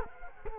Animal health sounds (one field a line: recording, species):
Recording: mosquito wingbeat signal from an infrared sensor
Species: Culex quinquefasciatus